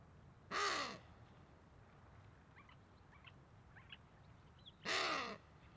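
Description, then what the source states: Wattled ibis uttering two loud, grating calls roughly four seconds apart, with faint, thin, high notes in the gap. Small group of wattled ibises feeding on crags on the Sanetti Plateau.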